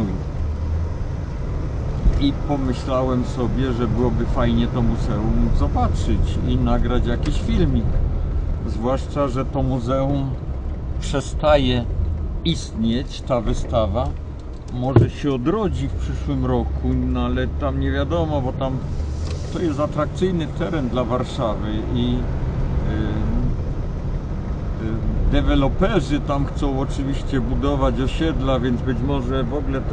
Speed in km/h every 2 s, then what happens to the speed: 19, 26, 30, 33, 31, 28, 14, 5, 6, 10, 22, 32, 40, 44, 45.
0-5 speeds up to 33. 7-15 brakes to 5. 15-27 speeds up to 45.